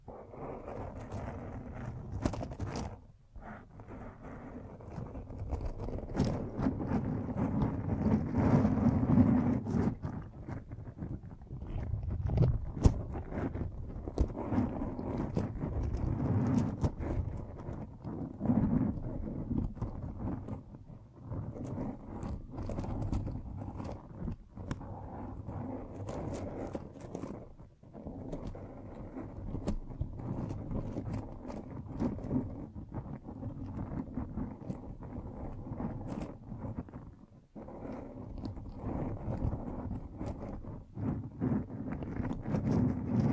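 A microphone is brushed and scratched almost continuously, giving a dense, rough rustling that sits mostly in the low and middle range. Sharp clicks and knocks punctuate it irregularly, and the sound drops out briefly around 3, 20, 28 and 37 seconds.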